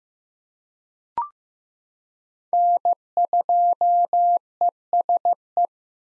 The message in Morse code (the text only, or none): N2ESE